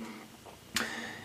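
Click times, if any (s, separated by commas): 0.8 s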